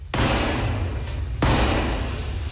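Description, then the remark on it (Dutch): Two heavy knocks of Black Rod's ebony staff against the wooden door of the House of Commons in the UK Parliament, a centuries-old ceremonial tradition, struck just over a second apart, each a loud booming thud that rings on and fades slowly. “Hier hoor je het geklop op de deur.”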